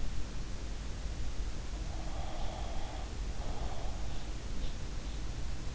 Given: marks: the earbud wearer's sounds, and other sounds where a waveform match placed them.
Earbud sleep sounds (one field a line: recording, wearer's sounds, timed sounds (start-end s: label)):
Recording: sounds in sleep by an in-ear microphone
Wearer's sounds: breath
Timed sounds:
2.11-4.18 s: breath